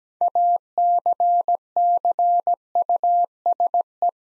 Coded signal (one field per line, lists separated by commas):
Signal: Morse code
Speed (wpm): 17 wpm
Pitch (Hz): 700 Hz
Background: none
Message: ACCUSE